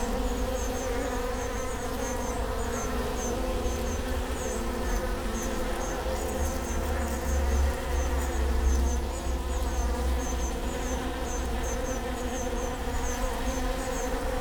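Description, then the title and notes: Honey bees humming in a continuous low drone, with faint high repeated chirps above. Bee hive at Prinzessinnengarten, Hermannstraße, Berlin, Germany; recorded with Sony PCM D50 and Primo EM172. "Prinzessinnengarten II, Hermannstraße, Berlin, Deutschland - bee hive. bee hive at Prinzessinnengarten (Sony PCM D50, Primo EM172)"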